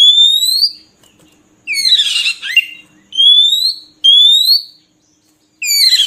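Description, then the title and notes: Oriental magpie-robin singing: long rising whistles and dense bursts of scratchy, chattering notes, with pauses between phrases. Long-duration filler song (isian) for training captive magpie-robins to sing vigorously day and night. "Kacer Jadi Gacor Siang Malam. Isian Kacer Durasi Panjang"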